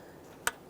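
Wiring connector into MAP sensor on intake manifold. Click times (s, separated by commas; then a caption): 0.5 s. A plastic electrical connector is pushed onto the MAP sensor at the back of the intake manifold on a 2015-2020 Ford F-150 3.5L V6. A single sharp click sounds at 0.5 seconds against a low, steady background. The connector is seated.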